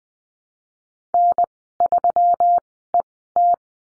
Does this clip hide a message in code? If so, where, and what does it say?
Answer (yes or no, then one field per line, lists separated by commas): yes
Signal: Morse code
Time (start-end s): 1.1-3.5 s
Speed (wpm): 20 wpm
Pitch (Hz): 700 Hz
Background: none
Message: N3ET